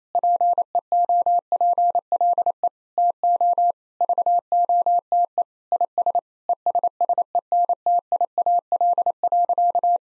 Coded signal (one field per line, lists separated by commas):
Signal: Morse code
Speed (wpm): 28 wpm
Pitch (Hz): 700 Hz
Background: none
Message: PEOPLE TO VOTE IS ESSENTIAL.